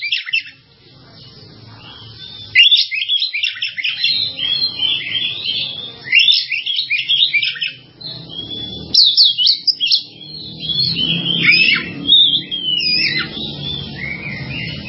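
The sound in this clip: Bird song: long stretches of fast, varied high twittering and warbling, in several bursts with brief pauses, low hum beneath.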